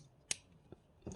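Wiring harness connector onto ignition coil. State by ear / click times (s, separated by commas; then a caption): seated / 0.3 s. A plastic wiring harness connector is pushed onto the ignition coil after the coil is slipped back into the spark plug well on a 2010 Toyota FJ Cruiser. A sharp, bright click at 0.3 s shows the connector latching and seated, followed by a faint tap near 0.7 s and softer rustling from about 1.1 s.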